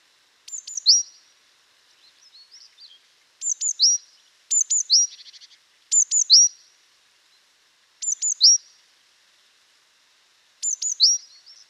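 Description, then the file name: Great tit call: sharp high notes in short phrases of two quick ticks followed by a downslurred note, repeated at irregular intervals, with a few softer notes between. "Parus major"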